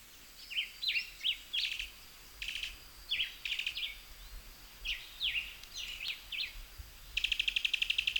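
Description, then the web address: Cuban tody giving short, sharp chirped notes in an irregular series, with brief clicking bursts between, then a rapid buzzy rattle at the end. "sound Cuban-tody. صدای-پرنده-تودی-کوبایی"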